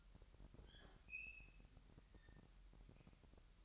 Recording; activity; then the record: daily activity, microphone in the room; open fridge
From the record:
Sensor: 3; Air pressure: 1001.9 hPa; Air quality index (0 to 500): 247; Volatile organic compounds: 51 ppm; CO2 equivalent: 3313 ppm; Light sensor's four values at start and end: 12/36/15/13 and 12/36/16/13